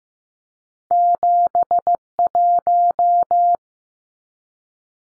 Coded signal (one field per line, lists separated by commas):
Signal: Morse code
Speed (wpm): 15 wpm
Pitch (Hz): 700 Hz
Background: none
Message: 71